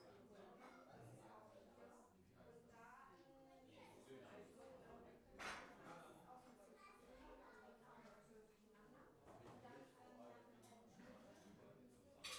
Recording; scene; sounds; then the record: everyday scene through a hearing-aid microphone; many people talking; many voices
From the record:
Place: parish hall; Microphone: behind the ear, left, rear